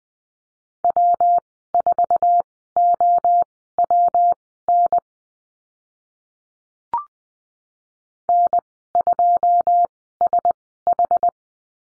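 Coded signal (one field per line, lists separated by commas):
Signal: Morse code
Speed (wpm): 20 wpm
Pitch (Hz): 700 Hz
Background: none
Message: W4OWN N2SH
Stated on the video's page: Morse code course lesson on the letter P with call signs, Farnsworth speed 20/10 wpm.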